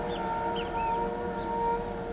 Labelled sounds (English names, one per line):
Great Kiskadee